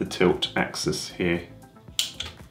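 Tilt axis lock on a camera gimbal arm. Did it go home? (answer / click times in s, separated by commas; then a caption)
yes / 2.0 s. Someone talks as the tilt axis lock on the arm of a DJI RS 2 camera gimbal is pushed into its locked position, giving a sharp click at 2.0 s, with a fainter tick following at 2.2 s. The lock seats and the arms are held in place so the camera can be installed without them flopping around.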